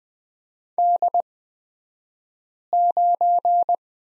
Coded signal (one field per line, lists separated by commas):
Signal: Morse code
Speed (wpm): 20 wpm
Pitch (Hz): 700 Hz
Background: none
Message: D9